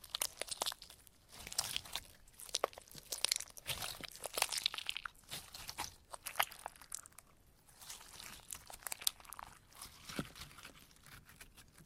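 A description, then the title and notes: Scratching and tapping on textured surfaces, a dense run of crisp, crunchy strokes and quick bright clicks with no pauses. Bursts swell and ease every second or so, quieter near the eight-second mark. ASMR Scratching , Tapping & Massage with DIFFERENT Mics , Items & Nails No Talking.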